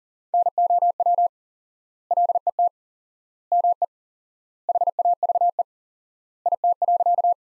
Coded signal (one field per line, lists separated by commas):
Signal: Morse code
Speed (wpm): 40 wpm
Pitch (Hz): 700 Hz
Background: none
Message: NOW LET ME HAVE IT.